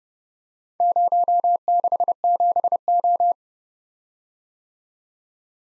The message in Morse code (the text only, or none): 067O